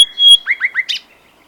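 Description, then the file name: Common nightingale song phrase: a loud sustained whistle, then three quick slurred notes and a harsh buzzy flourish, all within about one second. "Luscinia megarhynchos"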